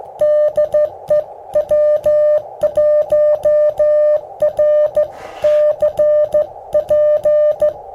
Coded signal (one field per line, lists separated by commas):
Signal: Morse code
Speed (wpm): 15 wpm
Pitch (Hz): 600 Hz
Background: music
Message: DE W1RCP